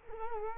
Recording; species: mosquito wingbeat signal from an infrared sensor; Culex quinquefasciatus